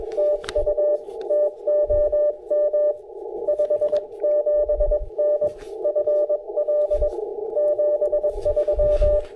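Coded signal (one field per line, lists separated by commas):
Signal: Morse code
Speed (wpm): 19 wpm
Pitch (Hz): 590 Hz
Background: none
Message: TU TOM 57N FL 73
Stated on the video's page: CW sent with an IC-705 and MC-750 vertical during a cabin park activation; key clicks picked up by camera mic.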